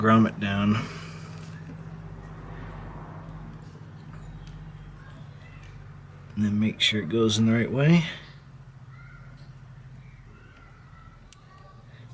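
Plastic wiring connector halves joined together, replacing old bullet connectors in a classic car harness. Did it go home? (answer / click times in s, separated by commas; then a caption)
yes / 11.3 s. Someone talks while a replacement plastic wiring connector with a locking tab, replacing the old bullet connectors in the wiring harness of a 1968 MGC, is oriented the right way and its halves are pushed together. A single sharp click is heard at 11.3 seconds as the connector snaps in and seats.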